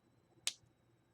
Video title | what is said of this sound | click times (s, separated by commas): 09/15/24 I have four Lego Creator 3in1 animal sets | that was a satisfying snap | 0.5 s